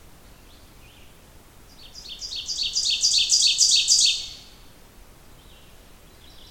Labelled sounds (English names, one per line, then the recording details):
Ovenbird song
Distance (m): 10 m
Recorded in boreal forest in Alberta, Canada, on 28 June 2016 at 08:32
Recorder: SongMeter 3, array SBT-6-79
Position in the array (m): 34 m, 128 m
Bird 40